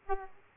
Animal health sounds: mosquito wingbeat signal from an infrared sensor; Aedes aegypti

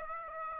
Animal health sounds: mosquito wingbeat signal from an infrared sensor; Aedes aegypti

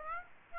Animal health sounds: mosquito wingbeat signal from an infrared sensor; Aedes aegypti

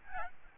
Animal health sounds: mosquito wingbeat signal from an infrared sensor; Aedes albopictus

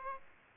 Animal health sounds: mosquito wingbeat signal from an infrared sensor; Aedes aegypti

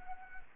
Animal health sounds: mosquito wingbeat signal from an infrared sensor; Anopheles gambiae

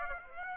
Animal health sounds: mosquito wingbeat signal from an infrared sensor; Aedes aegypti

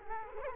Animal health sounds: mosquito wingbeat signal from an infrared sensor; Culex quinquefasciatus

